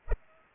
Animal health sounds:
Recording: mosquito wingbeat signal from an infrared sensor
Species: Culex pipiens

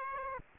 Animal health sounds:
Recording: mosquito wingbeat signal from an infrared sensor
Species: Aedes aegypti

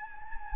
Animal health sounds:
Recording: mosquito wingbeat signal from an infrared sensor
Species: Anopheles gambiae

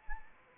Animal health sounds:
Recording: mosquito wingbeat signal from an infrared sensor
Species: Anopheles arabiensis

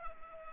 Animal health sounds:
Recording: mosquito wingbeat signal from an infrared sensor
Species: Culex pipiens

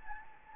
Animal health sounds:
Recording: mosquito wingbeat signal from an infrared sensor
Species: Anopheles gambiae

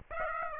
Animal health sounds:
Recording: mosquito wingbeat signal from an infrared sensor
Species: Aedes aegypti

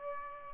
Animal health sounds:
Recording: mosquito wingbeat signal from an infrared sensor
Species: Aedes albopictus

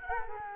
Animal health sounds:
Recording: mosquito wingbeat signal from an infrared sensor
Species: Culex quinquefasciatus

